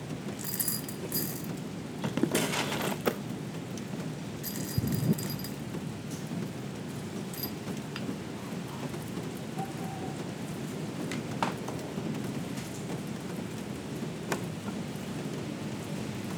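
Steady rain fills the whole stretch as a dense, even hiss over a soft low rumble, unchanging. Bright clinks and taps stand out in the first five seconds, around 1, 2.5 and 5 seconds, then only a few sharp ticks follow later.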